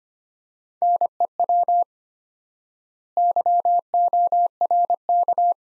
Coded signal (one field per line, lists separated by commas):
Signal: Morse code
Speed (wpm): 25 wpm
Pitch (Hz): 700 Hz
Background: none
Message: NEW YORK